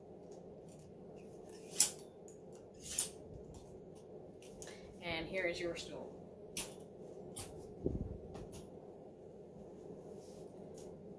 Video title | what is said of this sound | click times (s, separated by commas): Traveling Manicurist / Mobile Nail Technician | and you're going to pull your little feet out until you hear clicks | 1.8 s, 3.0 s